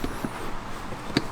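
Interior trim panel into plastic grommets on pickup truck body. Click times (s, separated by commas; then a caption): 1.2 s. An interior plastic trim panel on a pickup truck body is lined up with its plastic grommets and pushed in. A single sharp click sounds at 1.2 s over a quiet background, and the panel seats into the grommets.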